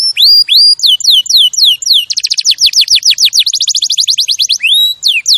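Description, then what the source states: Canary song opening with a few long swooping whistles, then breaking into a quick run of rapid, evenly spaced descending notes, and ending on longer whistles. Champion canary master song used for training other birds.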